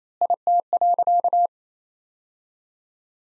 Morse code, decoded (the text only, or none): IT.